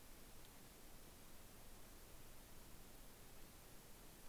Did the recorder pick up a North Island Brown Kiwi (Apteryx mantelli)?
no